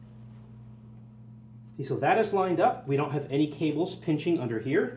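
A GPU riser card is positioned and lined up over the motherboard PCI Express slot, with a check that no cables are pinched underneath, before it is pressed in. A steady low hum fills the first 1.8 seconds, then someone talks for the rest of the clip. Nothing has seated or clicked yet.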